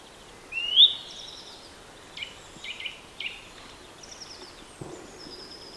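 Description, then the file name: Eurasian nuthatch: one loud rising whistled note early on, followed by fainter scattered chips and short notes against light background hiss. "Sitta europaea"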